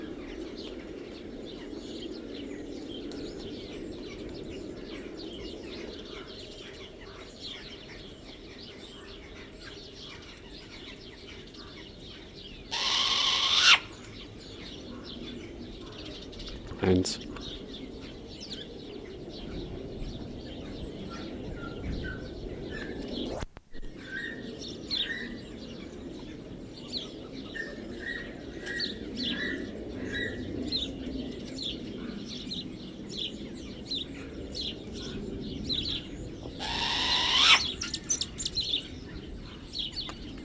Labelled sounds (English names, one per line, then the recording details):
Short-eared Owl call
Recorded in captivity
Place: Tierpark Berlin, Berlin, DE
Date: 1970-03-07 11:00
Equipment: Uher 4200 Report Stereo, Sennheiser MD 421
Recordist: Tembrock, Günter